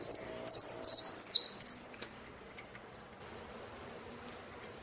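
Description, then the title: Saffron finch singing a short run of bright, buzzy, high chirps for about two seconds, then a single thin tick. "Jilguero Argentino"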